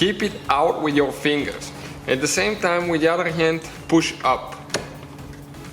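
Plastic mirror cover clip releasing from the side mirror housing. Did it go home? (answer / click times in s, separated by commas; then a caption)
released / 4.7 s. A man talks while the top plastic clip of a BMW E46 side mirror cover is spread with a panel removal tool and held open by finger as the cover is pushed up with the other hand. The clip clicks free of the side mirror housing with a short, sharp click at 4.7 s, releasing the cover.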